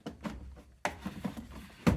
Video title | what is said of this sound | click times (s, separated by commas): How to Clean or Replace a Washer Door Gasket (LG washing machine - long version with panels removed) | making sure it locks in place. | 0.9 s